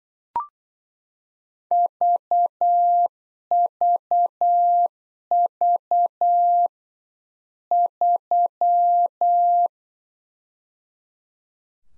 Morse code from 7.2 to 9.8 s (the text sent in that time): 3